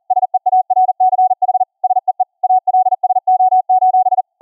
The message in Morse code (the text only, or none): SEARCH SEE ALSO: